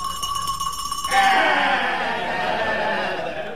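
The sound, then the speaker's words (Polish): A steady, bell-like ringing opens, then after about a second a louder, wavering chorus of sheep bleating takes over and carries on to the end, with no one talking. “Upragniony wypas bydła. Oraz baranów.”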